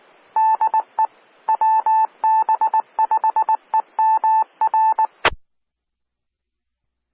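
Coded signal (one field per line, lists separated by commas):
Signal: Morse code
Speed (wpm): 19 wpm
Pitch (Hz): 880 Hz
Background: none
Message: DE WB5EMR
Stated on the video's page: Repeater ident of a SKYWARN repeater on 146.880 MHz.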